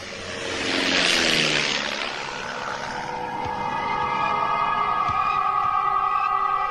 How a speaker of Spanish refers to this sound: Una escuadrilla de 5 aviones de guerra puede reconocerse difusamente tras el cielo cubierto con la nieve fluorescente. ¡Ahí están! ¡Por fin! ¡Llegaron a rescatarnos!